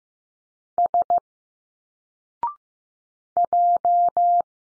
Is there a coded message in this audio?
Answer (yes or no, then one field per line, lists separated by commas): yes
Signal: Morse code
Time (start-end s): 0.8-4.4 s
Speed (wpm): 15 wpm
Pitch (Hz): 700 Hz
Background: none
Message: S J